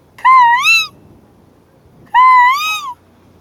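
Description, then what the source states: Eurasian curlew giving two clear, wavering whistled calls about two seconds apart, each with rich harmonics, over a quiet background. Call that gives the curlew its name, played back to overwintering curlews in a salt marsh in winter; might occur in springtime, not normally heard by them.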